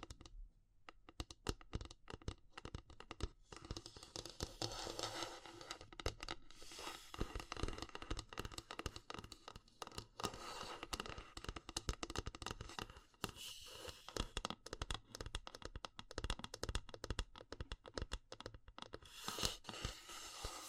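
Wood, bamboo and straw are handled in a steady run of dense, crisp tapping and crackling that fills nearly the whole clip. The clicks come fast and irregular, bright and dry, with brief lulls around two and thirteen seconds before the rustling picks up again.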